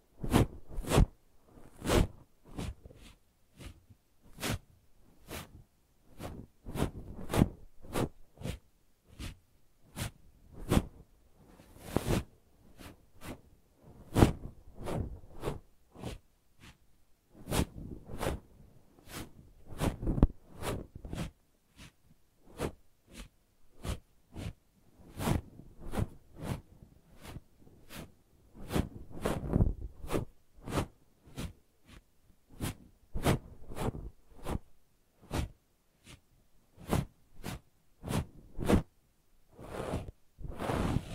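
Brushing and scratching strokes repeat in a quick, fairly regular rhythm, each a short bright rasp with soft low thumps, continuing steadily throughout.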